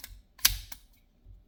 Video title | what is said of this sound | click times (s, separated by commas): TGV² Garage Gun Talk: So much to talk about! Guns, Machineguns, Updates, Serious Issues & Politics! | it fits in there and it locks into place it is a little bit longer | 0.5 s